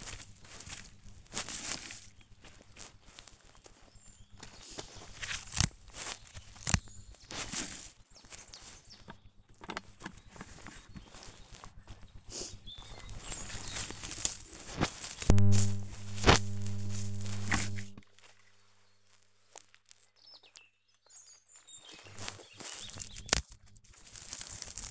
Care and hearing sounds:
household activities, microphone on the right wrist
0.00-24.91 s: removing plants (near water)

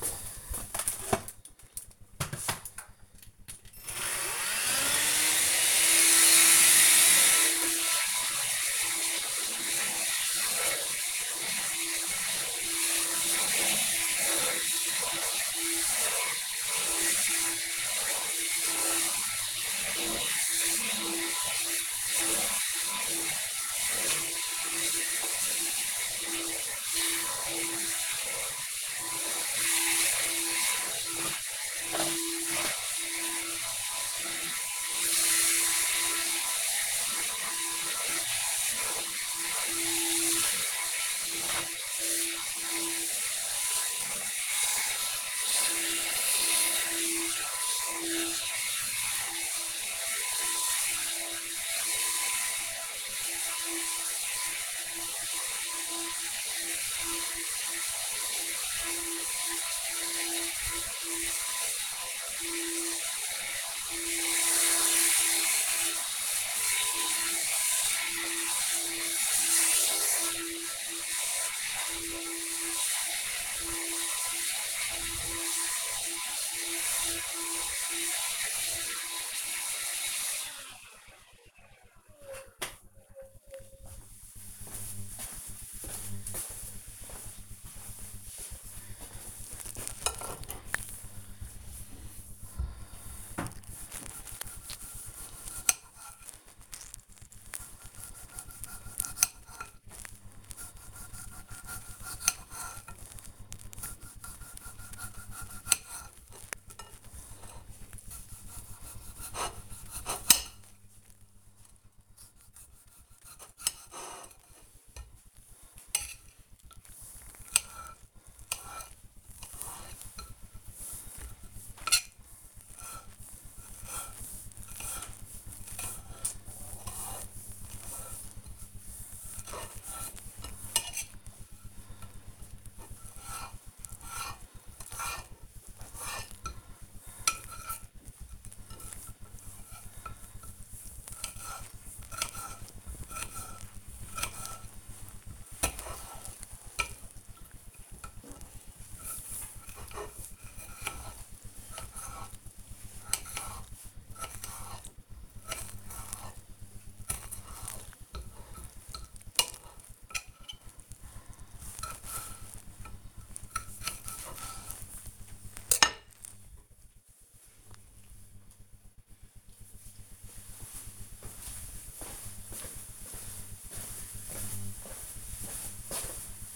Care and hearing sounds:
household activities, microphone on the right wrist
0.12-79.62 s: vacuum cleaning
88.69-166.29 s: cutting vegetables

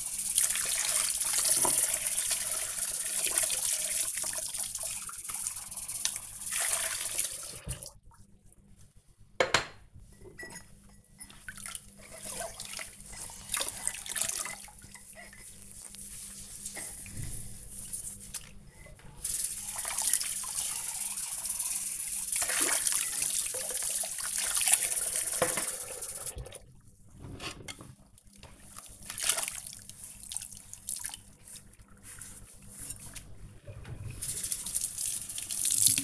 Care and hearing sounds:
household activities, microphone on the right wrist
0.00-36.04 s: washing dishes

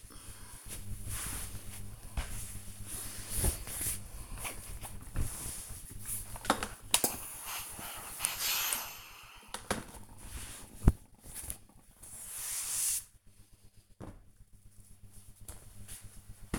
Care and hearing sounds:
household activities, microphone on the right wrist
0.00-10.70 s: ironing laundry

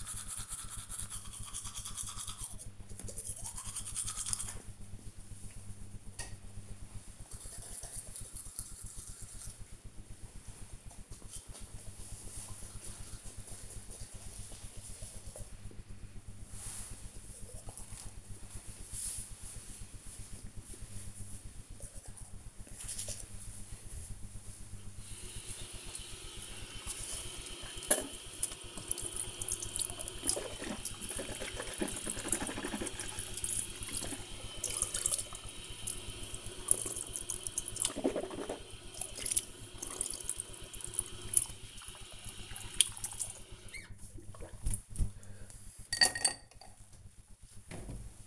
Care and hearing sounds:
household activities, microphone on the right wrist
0.00-45.34 s: brushing teeth

